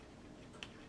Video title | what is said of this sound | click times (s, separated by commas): The Model Ship - Part 1892 | when we look at this from the other side there that just sort of locks into place there so that's going to make it easy | 0.6 s